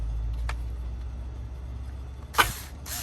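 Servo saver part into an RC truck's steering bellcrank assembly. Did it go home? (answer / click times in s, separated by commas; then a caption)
yes / 2.4 s. A plastic servo saver / bellcrank piece is pressed by hand into its seat in the steering assembly of a Traxxas MAXX RC truck. A faint tick comes at 0.5 s over a low steady hum, then a sharp snap at 2.4 s as the part pops into place. It sits nice and snug, followed by a brief burst of rustling noise at the end.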